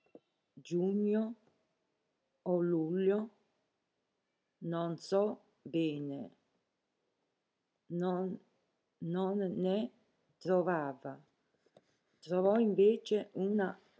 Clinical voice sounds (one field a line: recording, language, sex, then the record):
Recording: read passage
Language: Italian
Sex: female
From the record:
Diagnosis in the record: healthy control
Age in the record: 70 years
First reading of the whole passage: 149 s, 3.0 characters per second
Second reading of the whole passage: 105 s, 4.4 characters per second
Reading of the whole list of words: 65 s, 4.0 characters per second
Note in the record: marked for poor recording quality or reading difficulty